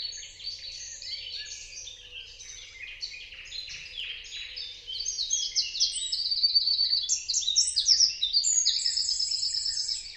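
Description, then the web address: Bird calls in a busy chorus, sparse chirps at first, then louder overlapping twitters and fast buzzy trills from about five seconds on. "Deverinetal 2025. Bird Only"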